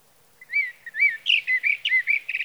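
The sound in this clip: Sage Thrasher song, beginning with two clear slurred whistles, then breaking into quick varied warbled notes and a short buzzy trill.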